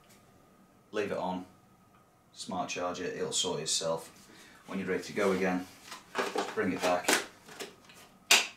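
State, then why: Seated. Someone talks while a charged battery pack is slid back into the base of an air-fed respirator blower unit. A sharp plastic click is heard at 8.3 seconds as the battery pack clicks back in and seats.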